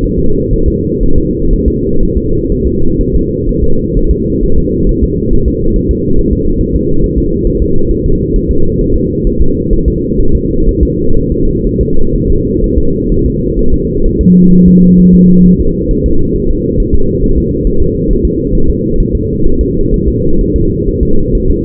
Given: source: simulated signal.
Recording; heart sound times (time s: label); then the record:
fetal heart sounds
0.04 s: S1
0.19 s: S2
0.54 s: S1
0.68 s: S2
1.03 s: S1
1.18 s: S2
1.53 s: S1
1.68 s: S2
2.03 s: S1
2.17 s: S2
2.52 s: S1
2.67 s: S2
3.01 s: S1
3.15 s: S2
3.49 s: S1
3.64 s: S2
3.97 s: S1
4.11 s: S2
4.43 s: S1
4.58 s: S2
4.89 s: S1
5.04 s: S2
5.33 s: S1
5.48 s: S2
5.76 s: S1
5.91 s: S2
6.19 s: S1
6.33 s: S2
6.61 s: S1
6.76 s: S2
7.04 s: S1
7.18 s: S2
7.47 s: S1
7.62 s: S2
7.91 s: S1
8.06 s: S2
8.36 s: S1
8.51 s: S2
8.81 s: S1
8.96 s: S2
9.27 s: S1
9.42 s: S2
9.73 s: S1
9.88 s: S2
10.21 s: S1
10.35 s: S2
10.69 s: S1
10.83 s: S2
11.18 s: S1
11.32 s: S2
11.67 s: S1
11.81 s: S2
12.16 s: S1
12.30 s: S2
12.64 s: S1
12.78 s: S2
13.12 s: S1
13.26 s: S2
13.59 s: S1
13.74 s: S2
14.06 s: S1
14.21 s: S2
14.53 s: S1
14.68 s: S2
15.00 s: S1
15.14 s: S2
15.46 s: S1
15.60 s: S2
15.91 s: S1
16.06 s: S2
16.36 s: S1
16.50 s: S2
16.80 s: S1
16.94 s: S2
17.24 s: S1
17.38 s: S2
17.67 s: S1
17.82 s: S2
18.11 s: S1
18.25 s: S2
18.55 s: S1
18.70 s: S2
19.00 s: S1
19.15 s: S2
19.47 s: S1
19.61 s: S2
19.94 s: S1
20.08 s: S2
20.41 s: S1
20.56 s: S2
20.88 s: S1
21.03 s: S2
21.35 s: S1
21.50 s: S2
From the record:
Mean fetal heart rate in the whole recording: 130 bpm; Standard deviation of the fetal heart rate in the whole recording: 4 bpm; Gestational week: 38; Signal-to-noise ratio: -19.1 dB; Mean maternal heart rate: 72 bpm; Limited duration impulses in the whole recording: present